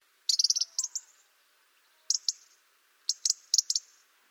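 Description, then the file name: European robin calls: clusters of sharp, very high ticking notes in quick bursts, separated by quiet gaps. "Erithacus rubecula"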